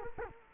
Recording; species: mosquito wingbeat signal from an infrared sensor; Culex quinquefasciatus